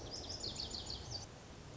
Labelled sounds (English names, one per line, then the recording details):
Lazuli Bunting
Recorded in Sonoma County, California